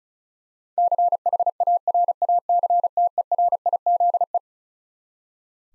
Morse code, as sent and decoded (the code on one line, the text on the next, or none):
-.-. .... .- .-. .- -.-. - . .-. .. --.. .
CHARACTERIZE